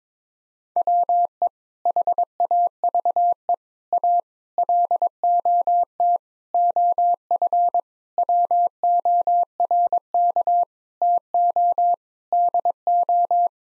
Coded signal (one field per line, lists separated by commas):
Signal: Morse code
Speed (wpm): 22 wpm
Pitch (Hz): 700 Hz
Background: none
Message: WE HAVE A LOT OF WORK TO DO